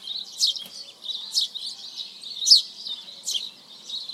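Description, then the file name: House sparrow chirping roughly once a second, each note a quick buzzy burst, with a soft continuous chatter underneath. "Passer domesticus"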